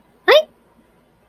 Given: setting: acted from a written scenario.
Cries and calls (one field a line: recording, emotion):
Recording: vocal sound without words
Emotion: fear